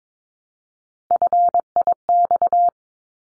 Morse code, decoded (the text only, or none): FIX